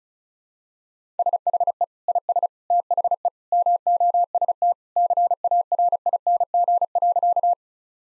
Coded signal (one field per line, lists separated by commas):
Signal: Morse code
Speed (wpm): 35 wpm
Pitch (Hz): 700 Hz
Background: none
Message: SHE IS THE MOST CARING.